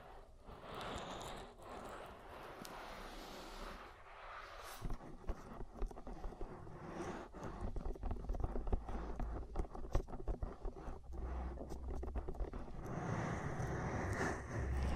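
Oil ear massage with wet, squishy rubbing and dense crackling taps that keep shifting in speed and pressure. It starts smoother, turns into rapid clicky squelches after about five seconds, and carries a low rumbling undertone throughout, swelling near the end.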